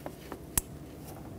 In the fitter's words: Push it on until it clicks